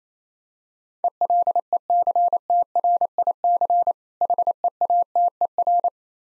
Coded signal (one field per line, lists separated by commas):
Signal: Morse code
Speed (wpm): 27 wpm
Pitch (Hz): 700 Hz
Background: none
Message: ELECTRIC HEATER